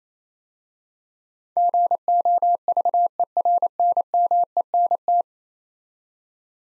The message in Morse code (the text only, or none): GOVERNMENT